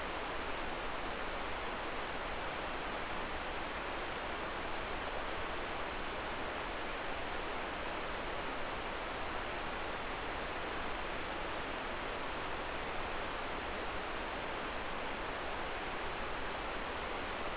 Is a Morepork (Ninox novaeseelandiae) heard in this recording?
no